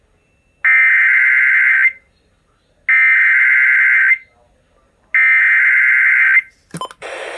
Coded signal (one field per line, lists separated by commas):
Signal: Emergency Alert System (SAME) tones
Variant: header bursts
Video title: AM/FM Severe Thunderstorm Warning For My County (EAS #19)